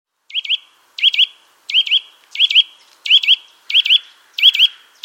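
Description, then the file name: Eurasian nuthatch calls: quick pairs of sharp, rising whistled notes, each pair repeated at a regular pace, clear and loud with a quiet background. "Sitta europaea"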